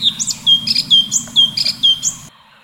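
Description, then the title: Leafbird singing fast, with clear down-slurred whistles repeated about twice a second between higher squeaky notes, over a steady low hum. "Kicau Cucak Ijo"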